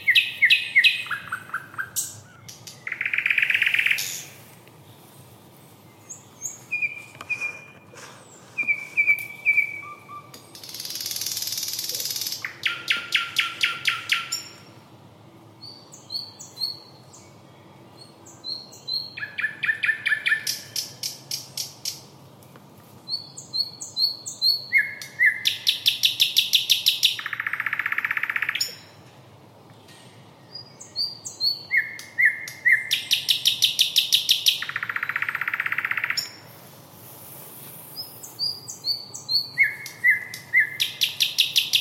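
A forest soundscape filled with birdsong: short bright chirps and whistled phrases repeat throughout, joined by harsh, raspy bursts of calling every few seconds. Several birds overlap in busy stretches, with brief quieter gaps, over a faint low rumble underneath.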